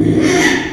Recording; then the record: squeal of a Yucatan mini pig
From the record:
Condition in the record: after surgery on the right vocal fold (resection and tissue-engineered implant); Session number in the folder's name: 3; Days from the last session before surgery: 33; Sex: male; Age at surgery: 12 weeks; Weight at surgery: 13 kg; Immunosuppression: cyclosporine, prednisolone